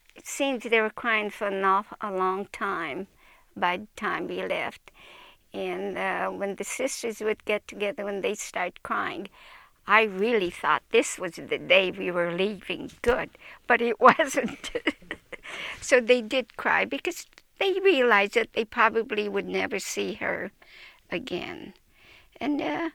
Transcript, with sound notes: It seems they were crying for a long time by the time we left, and when the sisters would get together and they'd start crying, I really thought this was the day we were leaving, good. But it wasn't. [Laughs] So they did cry because they realized that they probably would never see her again and